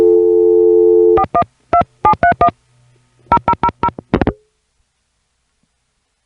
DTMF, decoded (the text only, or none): 412731 0000